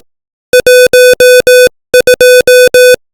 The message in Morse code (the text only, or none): 12